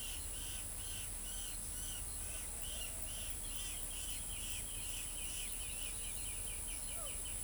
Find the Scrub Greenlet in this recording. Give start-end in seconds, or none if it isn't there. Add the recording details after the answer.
5.72-7.35. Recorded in pastures near Pivijay, Magdalena, Colombia, on 1 June 2023 at 07:00. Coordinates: 10.456, -74.369. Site P6-G026